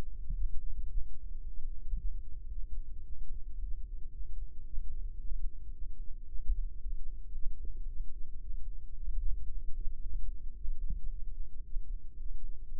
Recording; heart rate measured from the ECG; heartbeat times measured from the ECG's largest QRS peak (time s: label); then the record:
heart sounds by microphone in the right ear; 111 bpm
0.31 s: heartbeat
0.86 s: heartbeat
1.40 s: heartbeat
1.94 s: heartbeat
2.48 s: heartbeat
3.02 s: heartbeat
3.56 s: heartbeat
4.10 s: heartbeat
4.63 s: heartbeat
5.17 s: heartbeat
5.71 s: heartbeat
6.25 s: heartbeat
6.78 s: heartbeat
7.32 s: heartbeat
7.86 s: heartbeat
8.40 s: heartbeat
8.94 s: heartbeat
9.48 s: heartbeat
10.01 s: heartbeat
10.54 s: heartbeat
11.08 s: heartbeat
11.62 s: heartbeat
12.16 s: heartbeat
12.70 s: heartbeat
From the record:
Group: healthy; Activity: Valsalva maneuver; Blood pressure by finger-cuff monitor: 117/86 mmHg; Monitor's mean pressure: 95 mmHg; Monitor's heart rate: 111 bpm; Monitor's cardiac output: 7 L/min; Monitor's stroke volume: 63 mL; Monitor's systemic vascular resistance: 1010 dyn s/cm5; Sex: male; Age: 33 years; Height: 179 cm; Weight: 80.4 kg